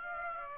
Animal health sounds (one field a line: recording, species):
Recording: mosquito wingbeat signal from an infrared sensor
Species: Aedes aegypti